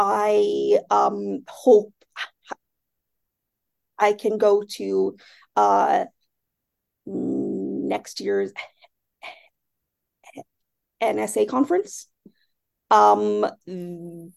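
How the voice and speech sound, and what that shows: An adult woman speaks one sentence in short bursts broken by silent gaps of about two seconds mid-phrase, with drawn-out vowels and long 'um' fillers. These are silent blocks and prolongations typical of stuttering.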